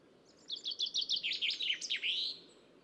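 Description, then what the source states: Common chaffinch singing a full phrase: a rattling series of sharp high notes, then closing with an emphatic downslurred flourish. Recorded in Copenhagen.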